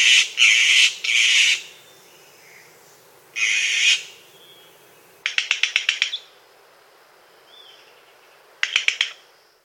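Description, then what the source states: Azure-hooded jay giving harsh, buzzy squawks in a quick cluster, then another squawk, followed by two bursts of rapid dry clicking rattles. From South America.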